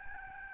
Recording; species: mosquito wingbeat signal from an infrared sensor; Aedes albopictus